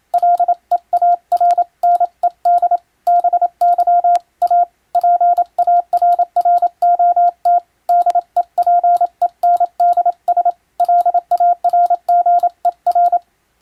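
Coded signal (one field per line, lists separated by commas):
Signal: Morse code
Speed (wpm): 27 wpm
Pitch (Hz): 700 Hz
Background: radio noise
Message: LEARNED BY A PARROT DEPENDS LARGER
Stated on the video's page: Morse practice sending ship-to-shore style telegrams, using a Japanese radio foundation's international telegram sending practice book.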